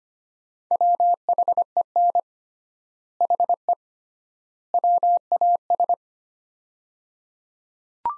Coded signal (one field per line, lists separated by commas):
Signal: Morse code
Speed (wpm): 25 wpm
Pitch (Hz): 700 Hz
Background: none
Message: WHEN HE WAS